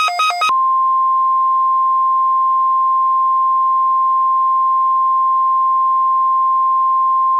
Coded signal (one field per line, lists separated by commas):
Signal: Emergency Alert System (SAME) tones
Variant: 1050 Hz attention tone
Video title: Merry Windmas! (EAS Scenario)